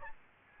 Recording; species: mosquito wingbeat signal from an infrared sensor; Aedes albopictus